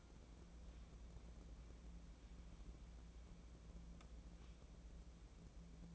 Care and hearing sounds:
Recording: daily activity, microphone in the room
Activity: wipe stove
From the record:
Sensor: 1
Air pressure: 1012.4 hPa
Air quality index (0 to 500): 156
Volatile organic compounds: 2 ppm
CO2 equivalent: 1278 ppm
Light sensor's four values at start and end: 762/1665/773/889 and 753/1651/764/880

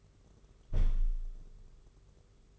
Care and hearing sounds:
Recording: daily activity, microphone in the room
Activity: close window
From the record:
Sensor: 4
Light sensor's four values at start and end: 6/14/5/6 and 6/14/5/6

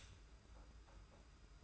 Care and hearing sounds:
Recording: daily activity, microphone in the room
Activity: stop toaster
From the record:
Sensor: 2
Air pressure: 991.5 hPa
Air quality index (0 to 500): 189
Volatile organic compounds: 1000 ppm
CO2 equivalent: 6161 ppm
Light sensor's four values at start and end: 32/97/38/36 and 32/97/38/36

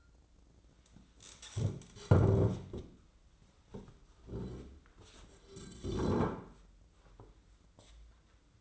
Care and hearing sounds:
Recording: daily activity, microphone in the room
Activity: stand up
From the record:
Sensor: 3

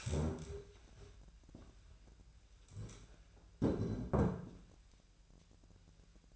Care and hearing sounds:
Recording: daily activity, microphone in the room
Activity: stand up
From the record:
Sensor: 2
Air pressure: 1001.8 hPa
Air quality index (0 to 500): 241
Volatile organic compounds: 74 ppm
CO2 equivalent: 3559 ppm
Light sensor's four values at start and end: 9/21/9/9 and 7/18/7/8

